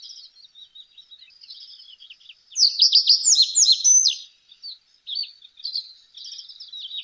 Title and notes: Птицы бассейна Амура - камышовая овсянка. Птицы Приамурья